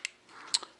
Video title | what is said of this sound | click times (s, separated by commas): Turn Signal Modification - Wig Wag Pattern (Part 2) | and once you hear that click you know it's in position | 0.5 s